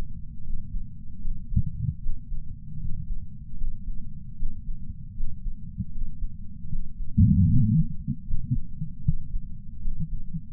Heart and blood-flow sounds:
heart sounds by patch sensor on the chest; 77 bpm
0.44 s: heartbeat
1.21 s: heartbeat
2.00 s: heartbeat
2.79 s: heartbeat
3.57 s: heartbeat
4.37 s: heartbeat
5.15 s: heartbeat
5.92 s: heartbeat
6.69 s: heartbeat
7.47 s: heartbeat
8.25 s: heartbeat
9.03 s: heartbeat
9.81 s: heartbeat
From the record:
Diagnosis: coronary artery disease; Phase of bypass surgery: preoperative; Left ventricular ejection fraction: 66.3%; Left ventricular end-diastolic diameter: 44 mm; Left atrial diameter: 34 mm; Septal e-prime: 5.3 cm/s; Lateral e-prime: 9.3 cm/s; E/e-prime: 13.2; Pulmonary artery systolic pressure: 31 mmHg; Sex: male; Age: 76 years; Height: 164 cm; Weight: 75 kg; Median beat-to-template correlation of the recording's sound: 0.83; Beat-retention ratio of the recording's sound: 0.97

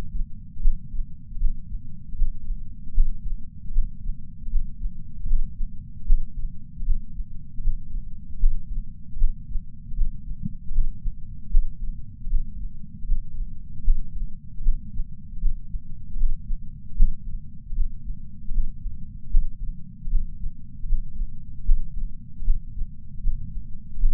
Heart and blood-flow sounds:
heart sounds by patch sensor on the chest; 77 bpm
0.62 s: heartbeat
1.39 s: heartbeat
2.16 s: heartbeat
2.94 s: heartbeat
3.73 s: heartbeat
4.50 s: heartbeat
5.27 s: heartbeat
6.06 s: heartbeat
6.85 s: heartbeat
7.62 s: heartbeat
8.40 s: heartbeat
9.18 s: heartbeat
9.96 s: heartbeat
10.73 s: heartbeat
11.51 s: heartbeat
12.29 s: heartbeat
13.06 s: heartbeat
13.84 s: heartbeat
14.63 s: heartbeat
15.40 s: heartbeat
16.18 s: heartbeat
16.96 s: heartbeat
17.75 s: heartbeat
18.52 s: heartbeat
19.31 s: heartbeat
20.10 s: heartbeat
20.87 s: heartbeat
21.65 s: heartbeat
22.44 s: heartbeat
23.22 s: heartbeat
24.00 s: heartbeat
From the record:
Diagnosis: coronary artery disease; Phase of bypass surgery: postoperative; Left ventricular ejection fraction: 54.7%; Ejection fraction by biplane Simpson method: 53.9%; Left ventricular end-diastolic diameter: 46 mm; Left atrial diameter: 34 mm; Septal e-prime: 6.6 cm/s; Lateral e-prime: 6.8 cm/s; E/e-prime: 16.6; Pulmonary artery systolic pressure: 36 mmHg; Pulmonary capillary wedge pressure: 11 mmHg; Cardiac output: 4.5 L/min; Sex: male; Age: 74 years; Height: 175 cm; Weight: 66 kg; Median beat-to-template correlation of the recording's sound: 0.84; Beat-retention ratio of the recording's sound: 0.98

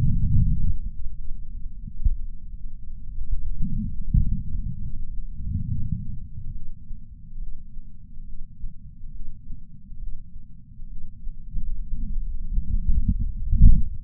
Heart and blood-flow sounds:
heart sounds by patch sensor on the chest; 69 bpm
0.41 s: heartbeat
1.29 s: heartbeat
2.17 s: heartbeat
3.04 s: heartbeat
3.91 s: heartbeat
4.78 s: heartbeat
5.66 s: heartbeat
6.51 s: heartbeat
7.38 s: heartbeat
8.24 s: heartbeat
9.11 s: heartbeat
9.98 s: heartbeat
10.87 s: heartbeat
11.77 s: heartbeat
12.64 s: heartbeat
13.54 s: heartbeat
From the record:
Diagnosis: coronary artery disease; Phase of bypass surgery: preoperative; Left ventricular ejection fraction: 52.3%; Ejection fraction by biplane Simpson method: 38%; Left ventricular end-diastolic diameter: 62 mm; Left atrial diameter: 45 mm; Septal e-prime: 4 cm/s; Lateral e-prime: 7 cm/s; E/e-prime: 12.2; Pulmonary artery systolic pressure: 24 mmHg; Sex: male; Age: 61 years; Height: 174 cm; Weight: 80 kg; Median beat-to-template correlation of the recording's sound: 0.91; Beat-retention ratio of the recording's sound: 0.97

